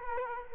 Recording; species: mosquito wingbeat signal from an infrared sensor; Culex quinquefasciatus